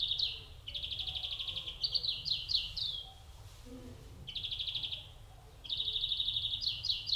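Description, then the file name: European greenfinch: long, even rattling trills with a few falling twitters, short pauses between bouts, low rumble beneath. "Chloris chloris"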